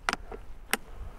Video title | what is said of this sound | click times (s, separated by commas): Armasight Contractor 640 - There's No Hiding From This Thermal Scope | and it locks on it's that simple | 0.1 s, 0.7 s